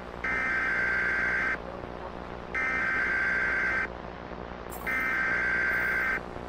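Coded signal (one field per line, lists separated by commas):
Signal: Emergency Alert System (SAME) tones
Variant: header bursts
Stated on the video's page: Fictional EAS episode from a game.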